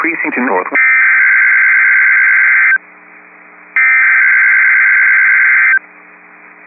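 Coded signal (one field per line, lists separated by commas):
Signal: Emergency Alert System (SAME) tones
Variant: header bursts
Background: speech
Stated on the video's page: Real statewide EAS civil emergency message relayed by the National Weather Service.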